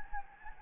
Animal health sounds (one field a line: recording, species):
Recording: mosquito wingbeat signal from an infrared sensor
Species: Anopheles gambiae